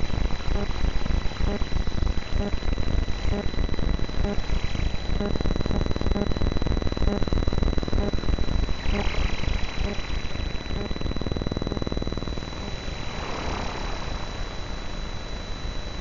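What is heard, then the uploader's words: Electromagnetic frequencies picked up as sound: a dense, crackling buzz of rapid clicks and pulses that runs throughout, with steady high whines held underneath. Brighter hissy bursts swell near nine and thirteen seconds, and the overall level eases slightly after twelve seconds. 34 SONIC SKETCHBOOKS - SOMA ETHER. Vlad designed it for hearing the invisible electromagnetic frequencies that surround us. Ether is a handheld object, a little black box, that contains a magnetic antenna and an integrated electronic antenna.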